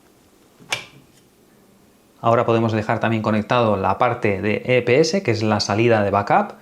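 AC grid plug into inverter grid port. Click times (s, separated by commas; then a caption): 0.7 s. A crimped, keyed AC grid plug is pushed into the grid port of a hybrid solar inverter, where a sharp click at 0.7 s shows it has seated. After a short quiet pause, someone talks for the rest of the clip.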